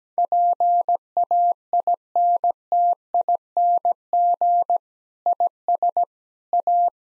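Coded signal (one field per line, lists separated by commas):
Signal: Morse code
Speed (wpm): 17 wpm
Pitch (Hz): 700 Hz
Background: none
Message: PAINTING IS A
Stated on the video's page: Morse practice sentences at 17 wpm with contextual hints.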